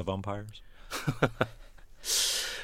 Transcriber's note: soundbite of laughter